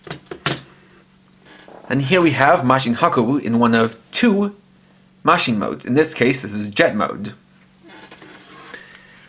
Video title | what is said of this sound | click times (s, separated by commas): Mashin Gattai DX Grateful Phoenix Review (Mashin Sentai Kiramager) | separate them and bring them around to the sides to click in place | 0.5 s